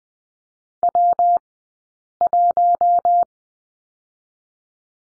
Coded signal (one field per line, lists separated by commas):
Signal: Morse code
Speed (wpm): 20 wpm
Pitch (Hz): 700 Hz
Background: none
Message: W1